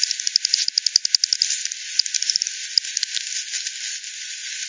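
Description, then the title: Bat calls as scattered, irregular clicks and short pulse runs, busier in the first half and tailing off to sparse ticks. Multiple bats at the Hogsmill River, Hogsmill Lane, 7 October 2020 at 18:10; FD10 recording, band-pass filtered and resampled. "WW bat 20201007 T 18 : 10 Z-Hogsmill-Lane-Hogsmill-River-multiple-bats"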